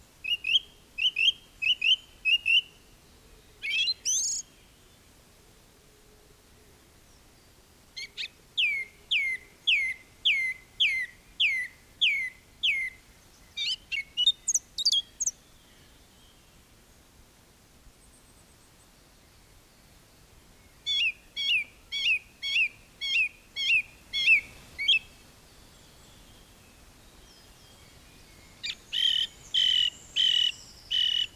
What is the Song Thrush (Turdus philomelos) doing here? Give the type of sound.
song